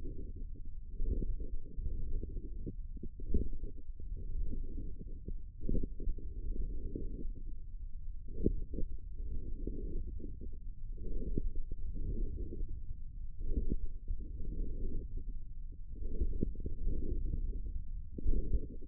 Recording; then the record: forearm muscle sounds (acoustic myography)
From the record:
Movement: forearm supination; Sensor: system 1, eight BSWA MPA416 microphones around the upper forearm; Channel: 5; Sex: male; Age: 54 years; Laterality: right